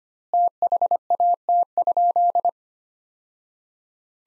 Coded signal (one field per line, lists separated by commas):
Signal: Morse code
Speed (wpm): 25 wpm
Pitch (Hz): 700 Hz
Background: none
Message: THAT?